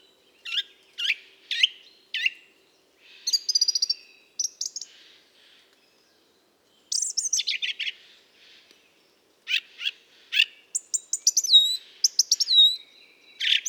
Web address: Mistle